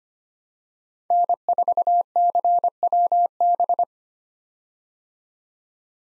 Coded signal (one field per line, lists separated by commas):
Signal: Morse code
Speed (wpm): 25 wpm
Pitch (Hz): 700 Hz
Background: none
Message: N4CWB